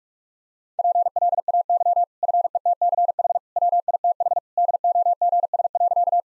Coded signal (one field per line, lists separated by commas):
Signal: Morse code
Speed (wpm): 43 wpm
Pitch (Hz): 700 Hz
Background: none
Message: PLAY FETCH WITH DOGS.